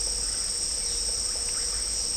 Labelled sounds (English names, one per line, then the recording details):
none
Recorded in dense forest near Puerto Asís, Putumayo, Colombia, on 20 December 2024 at 15:00
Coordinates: 0.499, -76.324
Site G045